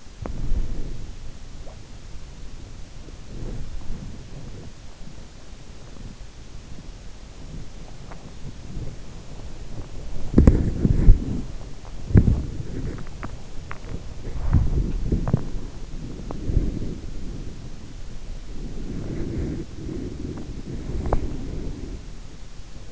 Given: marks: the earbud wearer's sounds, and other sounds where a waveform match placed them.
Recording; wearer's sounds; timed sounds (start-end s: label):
sounds in sleep by an in-ear microphone; body movement, swallowing
0.00-4.77 s: body movement
5.29-22.92 s: body movement
7.76-8.32 s: swallowing